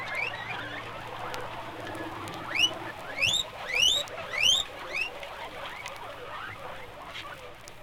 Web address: guinea pigs